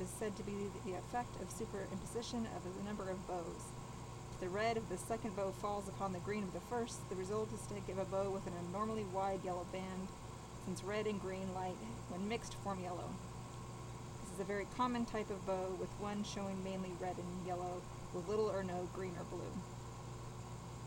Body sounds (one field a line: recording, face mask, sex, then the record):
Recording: reading aloud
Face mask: surgical mask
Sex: female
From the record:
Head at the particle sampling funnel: tilted down, bridge of the nose in front of it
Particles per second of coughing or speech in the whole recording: 0.813